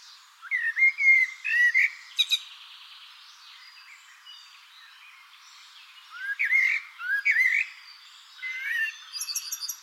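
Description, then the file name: Common blackbird song: short fluted whistled phrases with high squeaky flourishes, pausing between phrases, a high chatter at the end. "Turdus merula"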